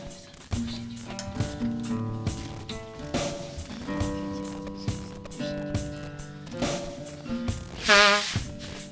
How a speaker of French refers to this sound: Éléphant.